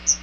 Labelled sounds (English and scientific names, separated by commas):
Chestnut-sided Warbler (Setophaga pensylvanica) flight call